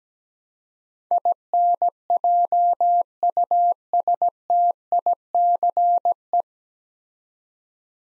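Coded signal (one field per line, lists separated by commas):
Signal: Morse code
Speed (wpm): 17 wpm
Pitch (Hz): 700 Hz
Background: none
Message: INJUSTICE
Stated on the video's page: Morse practice drill at 17 wpm building 9-letter words three letters at a time, for instant character recognition.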